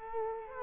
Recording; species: mosquito wingbeat signal from an infrared sensor; Culex quinquefasciatus